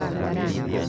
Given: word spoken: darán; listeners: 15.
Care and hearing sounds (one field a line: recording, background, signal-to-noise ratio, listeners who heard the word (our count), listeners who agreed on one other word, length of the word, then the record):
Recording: one Spanish word in noise, from a listening test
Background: eight-talker babble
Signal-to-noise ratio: -3.4 dB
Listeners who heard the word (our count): 0 of 15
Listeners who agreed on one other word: 7 of 15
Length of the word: 0.49 s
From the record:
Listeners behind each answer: 7, 2, 1, 1, 1, 1, 1, 1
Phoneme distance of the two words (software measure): 14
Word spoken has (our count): 2 syllables, 5 phonemes, stress on syllable 2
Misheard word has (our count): 3 syllables, 7 phonemes, stress on syllable 3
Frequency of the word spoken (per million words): 10.69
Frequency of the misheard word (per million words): 0.38